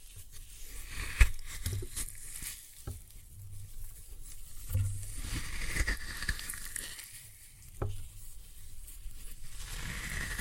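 Floral foam being crushed and crumbled, a dense, crackly hiss of tiny breaking bits that swells and fades in waves. Sharper snaps stand out, a loud one near one second and others around three, five and eight seconds, over a soft low rumble.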